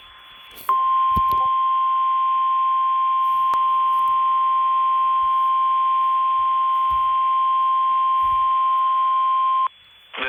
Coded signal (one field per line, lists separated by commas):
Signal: Emergency Alert System (SAME) tones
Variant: 1050 Hz attention tone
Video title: EAS #44: Severe Thunderstorm Warning